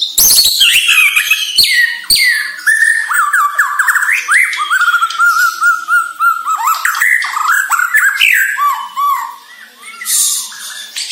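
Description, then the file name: White-rumped shama song, a long continuous run of rapid warbled and trilled notes with sharp clicks. Bornean type; lure recording meant to make shamas sing actively ('gacor'). "Sara Pancingan Murai Batu Borneo Agar Gacor Dor"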